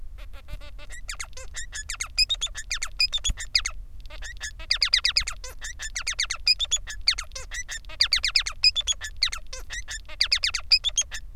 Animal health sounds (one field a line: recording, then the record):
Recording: song of a male Bengalese finch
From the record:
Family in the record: son of father 3